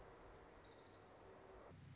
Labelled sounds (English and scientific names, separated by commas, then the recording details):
Orange-crowned Warbler (Leiothlypis celata)
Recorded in Sonoma County, California